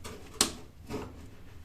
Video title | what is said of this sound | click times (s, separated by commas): Диагностика и замена тэна стиральной машины самсунг. | Подключить двигатель до щелчка. | 0.4 s